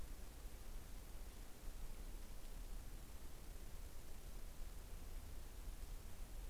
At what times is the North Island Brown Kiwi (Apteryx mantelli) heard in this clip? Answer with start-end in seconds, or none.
none